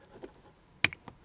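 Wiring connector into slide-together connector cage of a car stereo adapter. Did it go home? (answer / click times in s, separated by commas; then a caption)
yes / 0.8 s. A plastic wiring connector is pushed into the slide-together connector cage of a car stereo wiring adapter, for fitting an XTRONS Android head unit in a BMW E46 Clubsport. After faint handling taps, a sharp, bright click sounds at 0.8 s, followed by two smaller ticks at about 0.9 s and 1.1 s. The connector snaps home and seats in the cage, and it does not come apart when checked.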